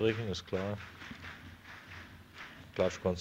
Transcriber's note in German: Rhythmisches Klatschen vieler Menschen im Hintergrund